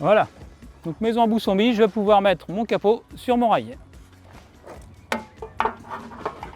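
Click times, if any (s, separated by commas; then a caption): 5.1 s, 5.6 s. The cover (head box/valance) of a manual sliding shutter is placed onto its rail supports and pressed until it engages. Someone talks for the first few seconds, then two sharp loud snaps are heard at 5.1 and 5.6 seconds, followed by a softer knock. The cover is seated, clipped onto the rail supports.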